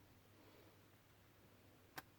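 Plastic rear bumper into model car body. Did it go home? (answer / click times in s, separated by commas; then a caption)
yes / 2.0 s. A plastic rear bumper is pushed into the body of a Jo-Han 1/25 scale '61 Oldsmobile F-85 station wagon model car over quiet background hiss. A single sharp click at 2.0 s marks the bumper locking into place.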